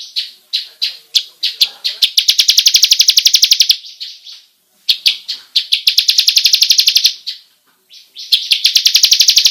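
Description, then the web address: Bar-winged prinia song: loud high rolling trills of rapid even notes, repeated in long bursts separated by short pauses and a few scattered chips. Long rolling song style, locally called ngerol panjang. "ciblek suara-burung-ciblek-ngerol-panjang"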